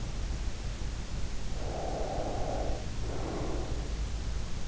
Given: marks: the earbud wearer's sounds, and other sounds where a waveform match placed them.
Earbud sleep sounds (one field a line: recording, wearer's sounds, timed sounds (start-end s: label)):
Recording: sounds in sleep by an in-ear microphone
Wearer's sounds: breath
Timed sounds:
1.65-3.91 s: breath